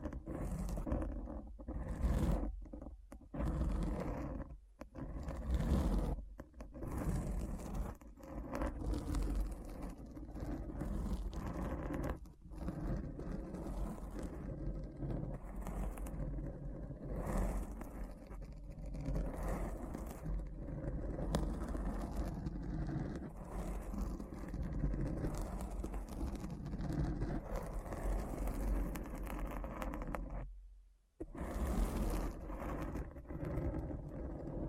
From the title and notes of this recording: ASMR Deep Brain Scratch (No Talking).